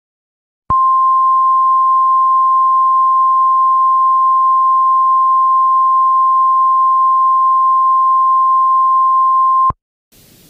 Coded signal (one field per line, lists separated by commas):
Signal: Emergency Alert System (SAME) tones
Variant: 1050 Hz attention tone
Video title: Eas Scenario Godzilla Raids Again